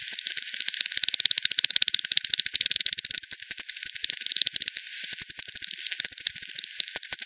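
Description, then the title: Bat: rapid clicking from echolocating bats, a busy, rattling stream of pulses with a few louder, spaced ticks near the end. Several bats at Hogsmill River, Hogsmill Lane, 7 October 2020, 18:10; bat detector recording, frequency-divided by 10, band-pass filtered and resampled. "WW bat 20201007 T 18 : 10 Z-Hogsmill-Lane-Hogsmill-River-multiple-bats"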